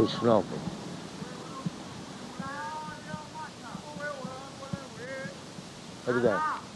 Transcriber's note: voices yelling in background